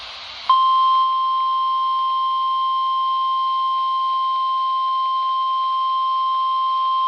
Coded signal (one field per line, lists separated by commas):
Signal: Emergency Alert System (SAME) tones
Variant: 1050 Hz attention tone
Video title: (EAS "#878") GSP Severe Thunderstorm Warning from WNG588 (Jefferson, NC) - 9/6/2025